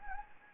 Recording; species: mosquito wingbeat signal from an infrared sensor; Anopheles gambiae